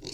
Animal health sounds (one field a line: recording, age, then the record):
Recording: pig call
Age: weaner (32 to 43 days)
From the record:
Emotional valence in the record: negative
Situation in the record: long isolation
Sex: female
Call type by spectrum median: high-frequency call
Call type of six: high-frequency stable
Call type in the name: high-frequency stable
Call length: 0.13 s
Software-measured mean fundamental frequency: 388 Hz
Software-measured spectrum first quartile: 330 Hz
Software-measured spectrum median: 2465 Hz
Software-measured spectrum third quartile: 4869 Hz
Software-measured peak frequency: 368 Hz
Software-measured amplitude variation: 151 dB a second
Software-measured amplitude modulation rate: 18.8 a second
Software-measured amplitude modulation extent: 8.0 dB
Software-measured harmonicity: 5.0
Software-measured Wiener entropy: -2.99